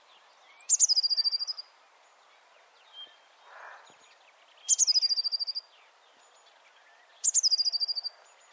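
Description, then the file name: Eurasian blue tit calling with three high, quick trills of stuttered notes spaced a few seconds apart, with faint background chirps. "Cyanistes caeruleus"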